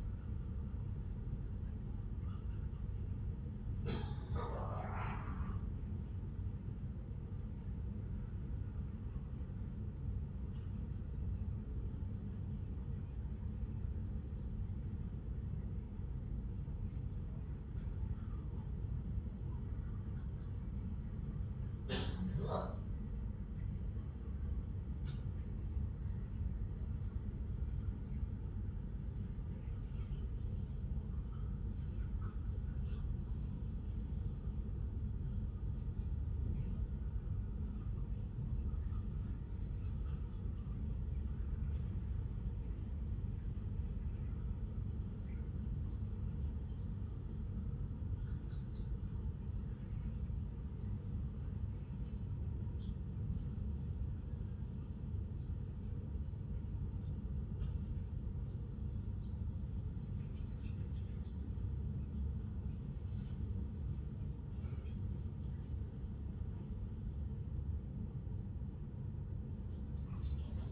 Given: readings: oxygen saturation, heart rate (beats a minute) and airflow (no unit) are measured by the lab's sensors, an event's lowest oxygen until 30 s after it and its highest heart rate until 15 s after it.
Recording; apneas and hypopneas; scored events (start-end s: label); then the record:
a person awake in a sleep study, by a smartphone at the bedside; none
0.00-70.71 s: awake
From the record:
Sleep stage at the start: awake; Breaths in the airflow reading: 26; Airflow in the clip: -0.8 to 0.9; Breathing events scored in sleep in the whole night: 131 in 7.2 hours asleep